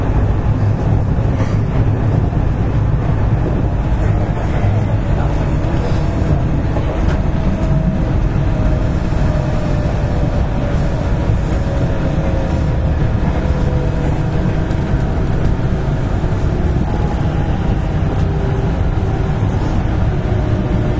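A JR West Series 207 train runs between Amagasaki and Kobe, its low, dense rumble holding steady and loud throughout. Faint thin whining tones drift in the middle range, rising and falling slowly, with a brief high squeak near eleven seconds.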